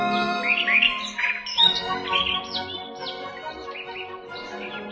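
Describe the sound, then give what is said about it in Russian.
A starling sings in a forest in spring, a busy, varied song of whistles, chirps and rising squeaky phrases, with dense harmonic chatter throughout and no pauses, fairly loud and continuous over five seconds. “Сидят на ветке сойка и дрозд, скворца слушают.”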